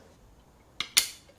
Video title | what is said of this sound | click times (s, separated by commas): Aircooled Porsche 911 Engine Rebuild - Piston and Cylinder Installation - Part 06 | There you go. Heard it click in there. | 1.0 s